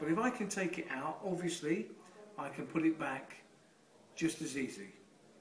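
During a magic routine, a performer handles the metal kiss-lock clasp on top of a small coin purse while someone talks. Nothing has clicked shut yet; the clasp has not snapped together by the end.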